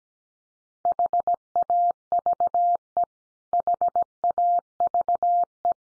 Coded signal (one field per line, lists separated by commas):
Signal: Morse code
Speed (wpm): 17 wpm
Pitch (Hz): 700 Hz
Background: none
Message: HAVE HAVE